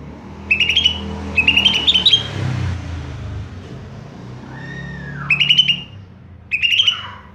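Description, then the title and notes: Greater green leafbird giving short bright whistled phrases in four bursts over low background noise, a softer arched whistle in between. Recording intended as a master song for training caged birds. "Suara Burung Cucak Ijo. mantap buat masteran burung cak ijo"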